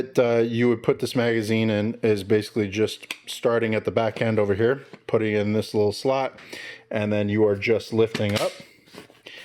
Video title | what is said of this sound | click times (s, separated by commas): The SRM 1216: A "Go To War" Shotgun | and that locks it into place and if it's not um aligned | 9.3 s